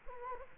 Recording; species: mosquito wingbeat signal from an infrared sensor; Culex quinquefasciatus